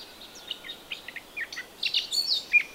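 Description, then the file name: Eurasian blackcap song, a quiet jumble of short chirps and twittering notes building into a brighter, louder warble near the end. "Sylvia atricapilla"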